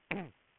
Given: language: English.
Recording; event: throat vibration sensor signal played as sound; throat clearing